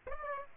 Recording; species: mosquito wingbeat signal from an infrared sensor; Aedes aegypti